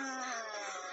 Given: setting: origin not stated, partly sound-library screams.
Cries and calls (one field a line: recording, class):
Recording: one-second piece from a danger detection set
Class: woman in danger